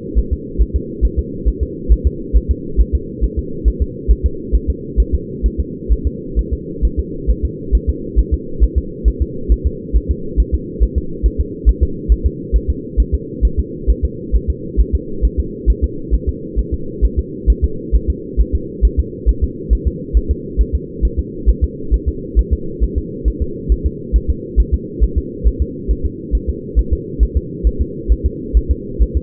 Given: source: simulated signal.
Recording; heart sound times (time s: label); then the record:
fetal heart sounds
0.19 s: S1
0.33 s: S2
0.62 s: S1
0.76 s: S2
1.05 s: S1
1.19 s: S2
1.48 s: S1
1.63 s: S2
1.92 s: S1
2.07 s: S2
2.36 s: S1
2.51 s: S2
2.81 s: S1
2.95 s: S2
3.24 s: S1
3.39 s: S2
3.68 s: S1
3.82 s: S2
4.11 s: S1
4.26 s: S2
4.55 s: S1
4.70 s: S2
5.00 s: S1
5.14 s: S2
5.46 s: S1
5.60 s: S2
5.92 s: S1
6.07 s: S2
6.39 s: S1
6.53 s: S2
6.85 s: S1
6.99 s: S2
7.30 s: S1
7.45 s: S2
7.75 s: S1
7.89 s: S2
8.19 s: S1
8.34 s: S2
8.63 s: S1
8.78 s: S2
9.08 s: S1
9.22 s: S2
9.52 s: S1
9.67 s: S2
9.96 s: S1
10.11 s: S2
10.40 s: S1
10.55 s: S2
10.83 s: S1
10.98 s: S2
11.26 s: S1
11.40 s: S2
11.69 s: S1
11.83 s: S2
12.12 s: S1
12.26 s: S2
12.56 s: S1
12.70 s: S2
13.00 s: S1
13.14 s: S2
13.45 s: S1
13.59 s: S2
13.90 s: S1
14.05 s: S2
14.36 s: S1
14.50 s: S2
14.80 s: S1
14.95 s: S2
15.25 s: S1
15.39 s: S2
15.70 s: S1
15.84 s: S2
16.14 s: S1
16.29 s: S2
16.59 s: S1
16.74 s: S2
17.05 s: S1
17.19 s: S2
17.50 s: S1
17.64 s: S2
17.95 s: S1
18.10 s: S2
18.40 s: S1
18.55 s: S2
18.85 s: S1
18.99 s: S2
19.29 s: S1
19.44 s: S2
19.73 s: S1
19.87 s: S2
20.17 s: S1
20.31 s: S2
20.61 s: S1
20.75 s: S2
21.05 s: S1
21.19 s: S2
21.49 s: S1
21.64 s: S2
21.94 s: S1
22.08 s: S2
22.39 s: S1
22.53 s: S2
22.83 s: S1
22.98 s: S2
23.28 s: S1
23.42 s: S2
23.72 s: S1
23.86 s: S2
24.16 s: S1
24.30 s: S2
24.60 s: S1
24.74 s: S2
25.04 s: S1
25.18 s: S2
25.47 s: S1
25.62 s: S2
25.91 s: S1
26.06 s: S2
26.35 s: S1
26.49 s: S2
26.79 s: S1
26.93 s: S2
27.23 s: S1
27.37 s: S2
27.67 s: S1
27.81 s: S2
28.12 s: S1
28.26 s: S2
28.57 s: S1
28.71 s: S2
29.02 s: S1
29.17 s: S2
From the record:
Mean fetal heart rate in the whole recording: 135 bpm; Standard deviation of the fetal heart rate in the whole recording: 3 bpm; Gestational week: 34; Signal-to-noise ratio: -4.3 dB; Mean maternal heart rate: 72 bpm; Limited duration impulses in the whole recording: absent